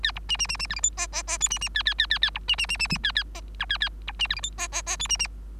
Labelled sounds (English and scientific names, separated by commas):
Bengalese Finch (Lonchura striata domestica) song